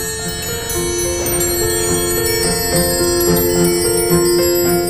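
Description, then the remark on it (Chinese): A gilt-copper automaton clock with 54 water-effect rods, 28 figures, four sets of music and about a million parts, restored by Wang Jin in 2016, plays a bright chiming melody on small bells, steady tuneful notes ringing over a faint mechanical ticking, with no voices present. “2016年8月3号，这座铜镀金月香水法双马陀钟的修复接近了尾声。54根水法，28个人物造型，4套音乐，1000000个零件，在王金的手中复原如初。”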